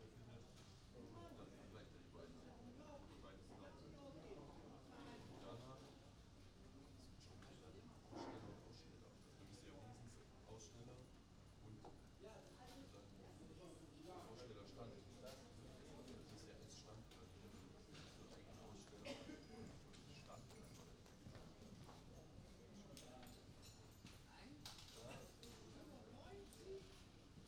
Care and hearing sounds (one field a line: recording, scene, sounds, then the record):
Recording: everyday scene through a hearing-aid microphone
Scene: many people talking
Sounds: many voices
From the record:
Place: university cafeteria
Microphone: in the ear canal, right